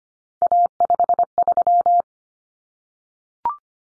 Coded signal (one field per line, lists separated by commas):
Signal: Morse code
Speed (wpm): 25 wpm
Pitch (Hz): 700 Hz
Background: none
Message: A53